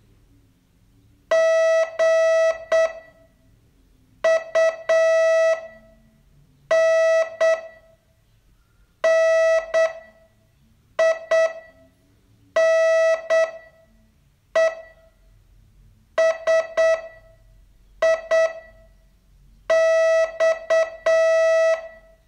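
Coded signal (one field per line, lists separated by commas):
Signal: Morse code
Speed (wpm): 8 wpm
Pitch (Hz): 650 Hz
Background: none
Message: GUN NINE SIX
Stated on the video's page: Morse training test, day 31 of a 42-day course.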